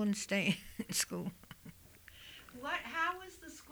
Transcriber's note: she laughs